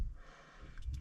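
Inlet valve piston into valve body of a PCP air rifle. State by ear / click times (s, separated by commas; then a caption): not seated / none. The inlet valve piston, with its O-ring, is handled at the valve body of a Daystate PCP air rifle during an inlet valve service. Quiet handling noise includes two faint, brief ticks near 0.8 s and 0.9 s. The piston has not yet clicked or seated in the body.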